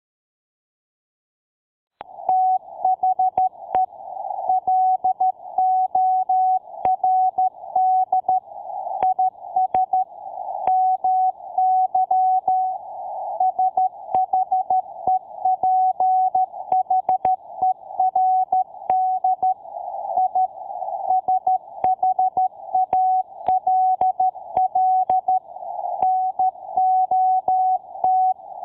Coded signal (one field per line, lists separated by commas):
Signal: Morse code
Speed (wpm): 13 wpm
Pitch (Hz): 750 Hz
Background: none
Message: THE LORD IS MY SHEPHERD I SHALL NOT